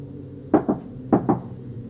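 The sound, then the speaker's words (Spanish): Four knocks on a door in a distinctive rhythm, the way a mother habitually knocks: two quick raps, a short pause, then two more. The knocks are solid and mid-pitched against a quiet background. “Lo que terminó con esa siesta fue escuchar que tocaban a mi puerta, pero lo hacían de la manera en que mi mamá siempre lo hace.”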